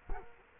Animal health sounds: mosquito wingbeat signal from an infrared sensor; Culex quinquefasciatus

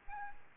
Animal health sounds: mosquito wingbeat signal from an infrared sensor; Aedes albopictus

